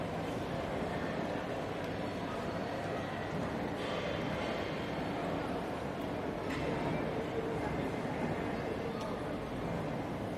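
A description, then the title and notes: Newcastle's Central Station, a steady, dense wash of crowd murmur and low rumble filling the whole ten seconds. Brief sharper knocks or clanks cut through near four, six and a half, and nine seconds, with overlapping voices in the background. Recorded at Newcastle's Central Station.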